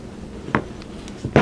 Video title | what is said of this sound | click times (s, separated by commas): Glock Striker Disassembly | the rear cover back over you'll hear it snap into place | 0.6 s